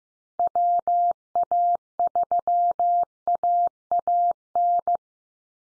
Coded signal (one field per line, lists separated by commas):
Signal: Morse code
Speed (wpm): 15 wpm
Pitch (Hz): 700 Hz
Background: none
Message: WA3AAN